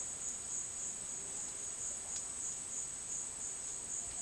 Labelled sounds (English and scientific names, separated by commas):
none